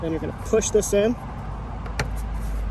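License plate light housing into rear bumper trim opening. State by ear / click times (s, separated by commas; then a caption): seated / 2.0 s. Someone talks while pushing the plastic license plate light housing of a 2016 Honda Accord sedan (2013–2017 generation) into the rear bumper trim opening after fitting it in from the right, at the end of a license plate bulb replacement. A single sharp click is heard at 2.0 s as the housing seats in place, followed by quiet background noise.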